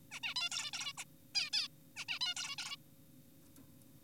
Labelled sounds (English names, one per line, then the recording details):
Zebra Finch
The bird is an adult
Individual g4p5U